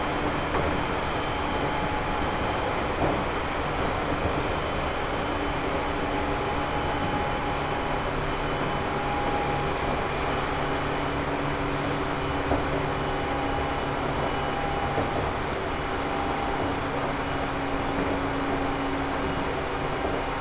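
A Seibu Ikebukuro Line local train rumbles steadily throughout, a dense, even roar with faint whining tones and occasional soft clicks.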